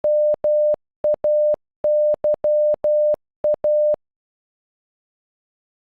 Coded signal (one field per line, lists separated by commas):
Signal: Morse code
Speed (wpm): 12 wpm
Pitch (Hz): 600 Hz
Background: none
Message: MAYA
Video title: Maya in Morse code